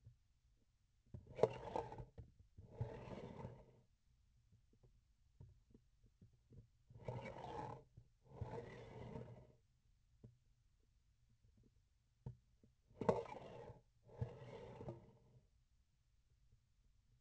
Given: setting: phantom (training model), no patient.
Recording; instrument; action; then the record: laparoscopic instrument, vibration sensor on the handle end; grasping forceps; approaching and retracting movements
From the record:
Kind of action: spatial motion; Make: other than Olympus